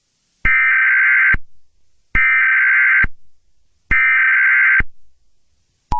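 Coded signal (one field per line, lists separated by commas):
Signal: Emergency Alert System (SAME) tones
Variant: header bursts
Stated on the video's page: Fictional alert scenario, not a real activation.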